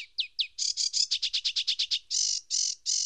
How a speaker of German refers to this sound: Die Sequenz ist nicht bestimmt vom Genetischen oder von der Gattung, sondern der Vogel kombiniert sie frei in Reihen, die sich fast nie wiederholen. Er hat eine unbegrenzte gesangmustergenerative Kapazität. Da ähnelt er, was ein Musikant macht.